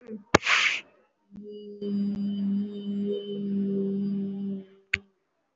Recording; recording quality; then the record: sustained vowel as in beet; excellent, no background noise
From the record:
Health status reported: respiratory illness, not identified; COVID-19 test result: not tested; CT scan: not taken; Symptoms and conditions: breathing difficulty, another respiratory illness, hypertension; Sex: female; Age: 61 years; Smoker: no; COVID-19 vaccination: none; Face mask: worn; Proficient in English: no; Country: India